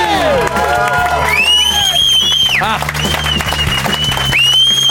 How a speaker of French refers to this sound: Mon Dieu! On n'a peut-être pas Jean-René qui rit trop fort, mais un gars qui siffle, hein?